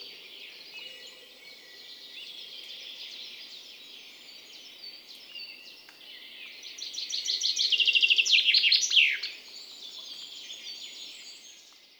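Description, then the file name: Common chaffinch song: a quieter rambling phrase first, then one loud rattling descending trill ending in a sharp flourish around the ninth second. "Fringilla coelebs"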